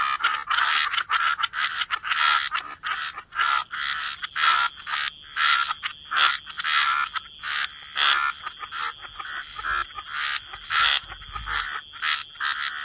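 Frogs in chorus, short buzzy croaks tumbling over one another in uneven bursts, over a steady high hiss.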